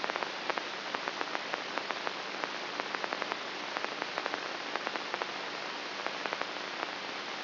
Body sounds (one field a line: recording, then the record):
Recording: brain microelectrode recording played as sound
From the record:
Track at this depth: outside the subthalamic nucleus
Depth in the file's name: 6.64 mm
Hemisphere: right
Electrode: 3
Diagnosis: Parkinson's disease